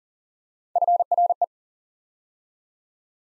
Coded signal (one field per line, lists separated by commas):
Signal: Morse code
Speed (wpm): 38 wpm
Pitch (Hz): 700 Hz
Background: none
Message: FRE